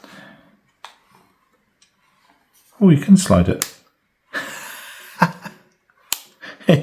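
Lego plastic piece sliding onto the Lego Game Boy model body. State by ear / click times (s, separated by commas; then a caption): seated / 6.1 s. A Lego plastic piece is slid along two recesses on the body of a Lego Nintendo Game Boy model while someone talks, with soft plastic handling sounds. It clips home with a sharp, bright click at 6.1 s, and the part is seated.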